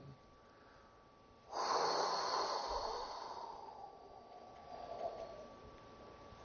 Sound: outbreath